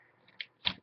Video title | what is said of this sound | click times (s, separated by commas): Gateway LT Series Netbook Screen Replacement Procedure | and start listening for snapping sounds | 0.4 s, 0.7 s